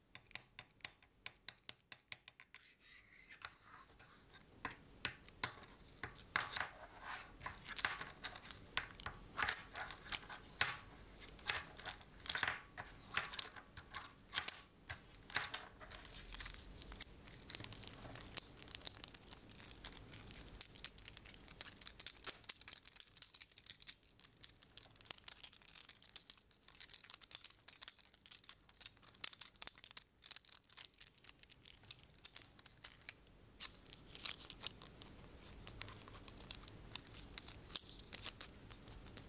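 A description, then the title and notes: Dense tapping and scratching on assorted objects, crisp clicks and bright rasps running continuously, with brief quieter pauses. Tapping and Scratching unusually items.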